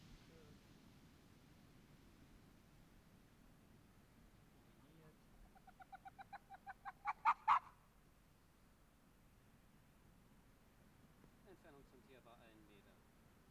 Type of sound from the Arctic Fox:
barking